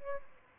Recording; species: mosquito wingbeat signal from an infrared sensor; Aedes albopictus